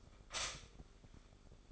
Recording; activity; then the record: daily activity, microphone in the room; stop toaster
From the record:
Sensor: 5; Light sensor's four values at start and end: 34/108/41/41 and 34/108/41/41